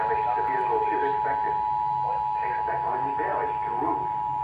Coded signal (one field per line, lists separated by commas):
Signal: Emergency Alert System (SAME) tones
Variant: 853 and 960 Hz attention tone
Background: speech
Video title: An Glitchy EAS Video... EAS Alerts From 8/11/23-8/12/23 (EAS 286-298)